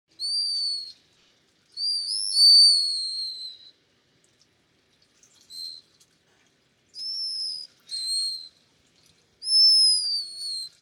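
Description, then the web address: Spectacled guillemot giving thin, high whistled calls, some rising then falling, in short phrases and longer drawn-out notes with pauses between, on an otherwise quiet background. "keimafuri"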